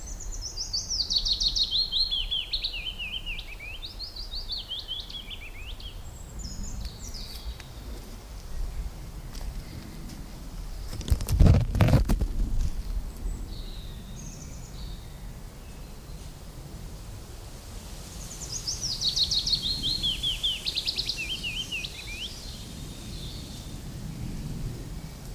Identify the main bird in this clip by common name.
Willow Warbler